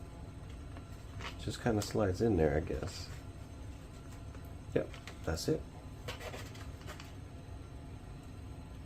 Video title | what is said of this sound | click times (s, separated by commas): Eratix 3D FF (Flat Foamy) 860mm BNF Basic with AS3X and SAFE Select | snap into place so I didn't exactly hear a snap so | none